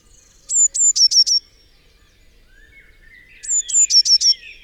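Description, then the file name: Eurasian blue tit song: two phrases of high thin notes, each ending in a brief trill, with faint twittering from other birds in the gap. "Cyanistes caeruleus"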